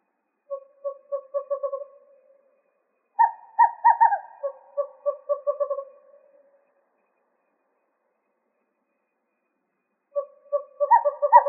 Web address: Sound Library Owls AZFO WESO deviche 070106